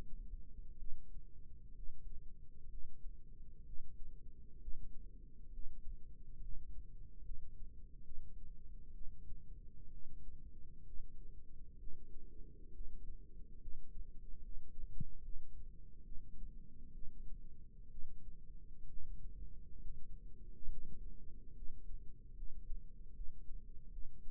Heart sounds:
heart sounds by microphone in the left ear; 67 bpm
0.77 s: heartbeat
1.74 s: heartbeat
2.68 s: heartbeat
3.64 s: heartbeat
4.59 s: heartbeat
5.50 s: heartbeat
6.40 s: heartbeat
7.23 s: heartbeat
8.03 s: heartbeat
8.92 s: heartbeat
9.89 s: heartbeat
10.83 s: heartbeat
11.77 s: heartbeat
12.71 s: heartbeat
13.59 s: heartbeat
14.41 s: heartbeat
15.21 s: heartbeat
16.03 s: heartbeat
16.92 s: heartbeat
17.89 s: heartbeat
18.87 s: heartbeat
19.80 s: heartbeat
20.68 s: heartbeat
21.53 s: heartbeat
22.34 s: heartbeat
23.13 s: heartbeat
23.90 s: heartbeat
From the record:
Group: healthy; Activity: cold pressor test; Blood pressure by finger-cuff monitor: 140/65 mmHg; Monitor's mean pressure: 89 mmHg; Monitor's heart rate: 65 bpm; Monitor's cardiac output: 6.7 L/min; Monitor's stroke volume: 101 mL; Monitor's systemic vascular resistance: 970 dyn s/cm5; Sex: female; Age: 37 years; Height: 168 cm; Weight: 70 kg

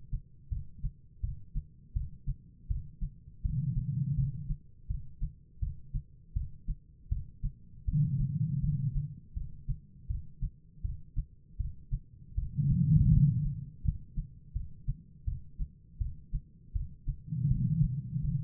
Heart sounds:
heart sounds by stethoscope; 81 bpm
0.49 s: heartbeat
1.21 s: heartbeat
1.94 s: heartbeat
2.68 s: heartbeat
3.42 s: heartbeat
4.15 s: heartbeat
4.87 s: heartbeat
5.60 s: heartbeat
6.34 s: heartbeat
7.09 s: heartbeat
7.85 s: heartbeat
8.61 s: heartbeat
9.34 s: heartbeat
10.08 s: heartbeat
10.82 s: heartbeat
11.57 s: heartbeat
12.35 s: heartbeat
13.10 s: heartbeat
13.82 s: heartbeat
14.53 s: heartbeat
15.25 s: heartbeat
15.98 s: heartbeat
16.73 s: heartbeat
17.48 s: heartbeat
18.22 s: heartbeat
From the record:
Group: healthy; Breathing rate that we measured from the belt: 13 breaths a minute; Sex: female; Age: 51 years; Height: 162 cm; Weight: 70.04 kg

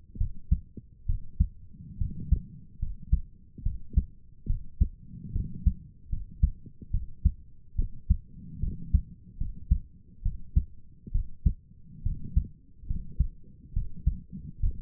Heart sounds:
heart sounds by stethoscope; 71 bpm
0.17 s: heartbeat
1.06 s: heartbeat
1.98 s: heartbeat
2.79 s: heartbeat
3.62 s: heartbeat
4.46 s: heartbeat
5.32 s: heartbeat
6.09 s: heartbeat
6.91 s: heartbeat
7.75 s: heartbeat
8.60 s: heartbeat
9.37 s: heartbeat
10.22 s: heartbeat
11.11 s: heartbeat
12.03 s: heartbeat
12.87 s: heartbeat
13.73 s: heartbeat
14.60 s: heartbeat
From the record:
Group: healthy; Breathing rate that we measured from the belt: 18 breaths a minute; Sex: female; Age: 22 years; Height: 154 cm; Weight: 58.7 kg

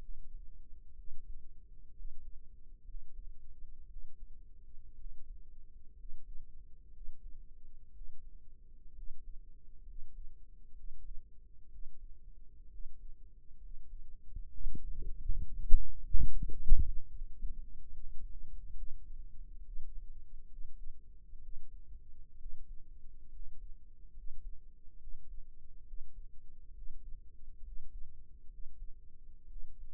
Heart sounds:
heart sounds by microphone in the right ear; 65 bpm
0.94 s: heartbeat
1.93 s: heartbeat
2.84 s: heartbeat
3.87 s: heartbeat
4.95 s: heartbeat
5.94 s: heartbeat
6.91 s: heartbeat
7.91 s: heartbeat
8.93 s: heartbeat
9.84 s: heartbeat
10.74 s: heartbeat
11.69 s: heartbeat
12.68 s: heartbeat
13.59 s: heartbeat
14.50 s: heartbeat
15.42 s: heartbeat
16.29 s: heartbeat
17.09 s: heartbeat
17.89 s: heartbeat
18.74 s: heartbeat
19.62 s: heartbeat
20.47 s: heartbeat
21.39 s: heartbeat
22.37 s: heartbeat
23.30 s: heartbeat
24.13 s: heartbeat
24.98 s: heartbeat
25.84 s: heartbeat
26.72 s: heartbeat
27.62 s: heartbeat
28.48 s: heartbeat
29.47 s: heartbeat
From the record:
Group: healthy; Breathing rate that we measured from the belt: 16 breaths a minute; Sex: male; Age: 22 years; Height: 181 cm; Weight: 79 kg

